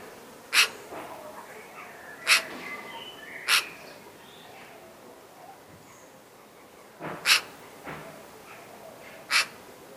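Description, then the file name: Eurasian magpie giving single harsh, rasping notes at irregular intervals, five in ten seconds, with faint soft calls of other birds underneath. "Pica pica"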